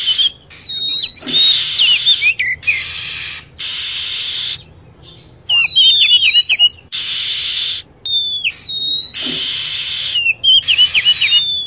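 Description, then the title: Lovebird giving rapid, shrill twittering chirps and high whistled sweeps, broken up by bursts of buzzy, hissing chatter and brief silences. Lure sound (pikat) used to attract lovebirds. "PIKAT BURUNG LOVEBIRD"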